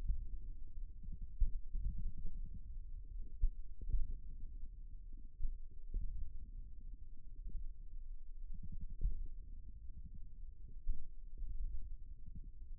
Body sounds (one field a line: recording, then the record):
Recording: forearm muscle sounds (acoustic myography)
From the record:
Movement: finger pinch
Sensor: system 1, eight BSWA MPA416 microphones around the upper forearm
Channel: 8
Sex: male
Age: 54 years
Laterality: right